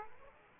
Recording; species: mosquito wingbeat signal from an infrared sensor; Aedes aegypti